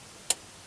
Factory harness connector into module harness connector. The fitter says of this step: engage the Locking tab